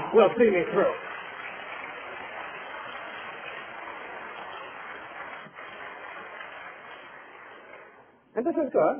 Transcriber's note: applause